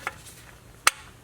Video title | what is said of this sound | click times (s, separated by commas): How to Change Engine Oil 2017-21 Honda CRV 2.4L ✅ | there's the click I'll rotate it clockwise that just helps to prevent cross threading | 0.9 s